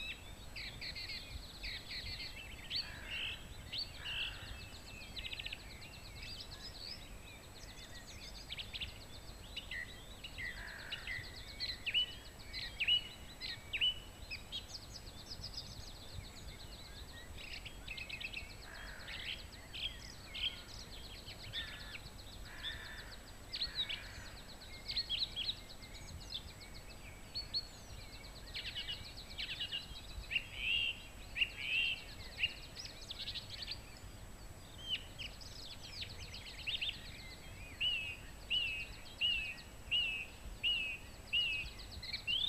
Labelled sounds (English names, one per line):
Song Thrush song